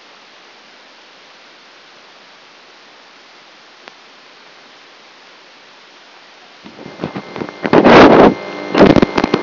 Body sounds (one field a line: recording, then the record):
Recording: brain microelectrode recording played as sound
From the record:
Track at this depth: outside the subthalamic nucleus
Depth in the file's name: 0.001 mm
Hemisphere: left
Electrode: 2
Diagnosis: Parkinson's disease